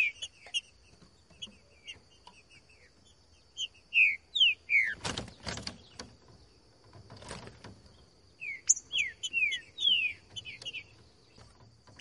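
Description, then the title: Green-winged Saltator song: bursts of loud, slurred, downward whistles in quick runs, separated by pauses, with a few heavy knocks and thumps partway through. Song in the bush, used to warm up a trinca-ferro and get it singing; song labelled "voz 10". "Canto De Trinca Ferro Voz 10. TRINCA FERRO CANTANDO NO MATO. ESQUENTAR TRINCA FERRO"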